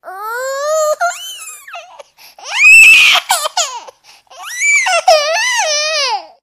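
Three loud, high-pitched wailing cries from a baby in about six seconds, each rising and falling, with short breaths between them and a strained, screaming edge at their peaks. An ordinary infant cry.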